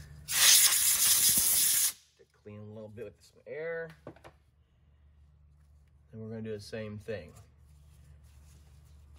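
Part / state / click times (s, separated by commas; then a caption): wiring connector onto vehicle harness connector / not seated / none. While replacing the transfer case shift motor on a 2004-2020 Ford F-150 with inoperative four-wheel drive (code P1867), a second wiring connector is being handled for pushing onto its plastic mating connector on the vehicle harness. A loud, broad hiss runs from about 0.3 to 1.9 s, then someone talks over faint low background noise. Nothing has seated or clicked yet.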